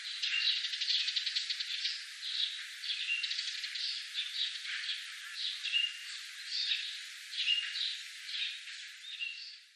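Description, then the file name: Eurasian tree sparrow calls, busy rattling chatter at first, then separate bright chirps standing out every second or so as the chatter continues. "suzume"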